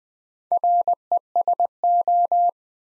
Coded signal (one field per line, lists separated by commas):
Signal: Morse code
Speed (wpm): 20 wpm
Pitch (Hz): 700 Hz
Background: none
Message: RESO